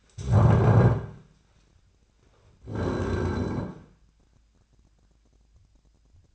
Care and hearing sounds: daily activity, microphone in the room; stand up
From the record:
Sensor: 2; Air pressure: 1009.1 hPa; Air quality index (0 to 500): 170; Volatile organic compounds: 2 ppm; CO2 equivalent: 1248 ppm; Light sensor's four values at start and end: 31/82/35/37 and 34/90/38/40

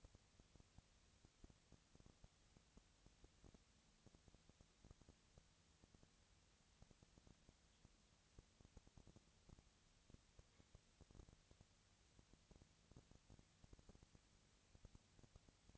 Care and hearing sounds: daily activity, microphone in the room; no activity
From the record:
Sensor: 3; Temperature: 20.4 degrees Celsius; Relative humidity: 34.4%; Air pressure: 996.8 hPa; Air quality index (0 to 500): 205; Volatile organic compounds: 68 ppm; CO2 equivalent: 3496 ppm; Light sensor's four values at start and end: 2/3/2/2 and 2/3/2/2

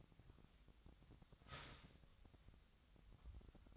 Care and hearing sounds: daily activity, microphone in the room; start toaster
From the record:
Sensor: 3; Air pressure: 1001.9 hPa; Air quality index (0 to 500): 246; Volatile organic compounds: 49 ppm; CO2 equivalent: 3283 ppm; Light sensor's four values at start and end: 13/40/17/15 and 13/40/17/15

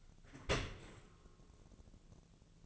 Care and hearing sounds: daily activity, microphone in the room; open dishwasher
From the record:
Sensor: 4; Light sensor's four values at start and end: 12/27/11/11 and 12/27/11/12

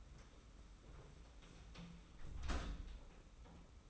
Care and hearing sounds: daily activity, microphone in the room; close door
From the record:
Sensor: 1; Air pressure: 991.6 hPa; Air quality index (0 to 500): 130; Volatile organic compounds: 403 ppm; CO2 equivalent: 4677 ppm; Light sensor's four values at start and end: 34/110/43/44 and 34/110/43/44

